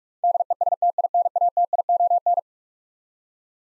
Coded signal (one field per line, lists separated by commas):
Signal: Morse code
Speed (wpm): 46 wpm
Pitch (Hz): 700 Hz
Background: none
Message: DESTINATION